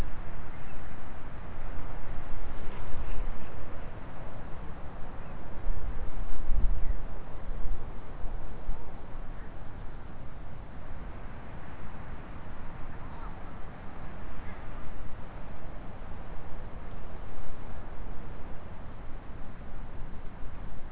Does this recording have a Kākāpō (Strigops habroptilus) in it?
no